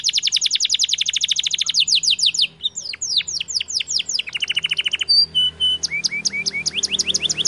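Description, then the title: Canary song opening with a long, even roll of rapid repeated notes, followed by downward sweeps, buzzy trills, a clear whistle and rising chirps. Belgian canary (Kenari AF) warm-up song with long rolling song, used as masteran tutor song so young canaries quickly sing and roll long. "Canto Para Esquentar Canário Belga. Kenari AF gacor panjang bagus untuk masteran, Kenari muda cepat gacor ngerol panjang"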